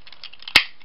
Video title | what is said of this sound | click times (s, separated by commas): TRANSFORMERS ANIMATED GRIMLOCK REVIEW | until they lock into place they both peg into holes | 0.6 s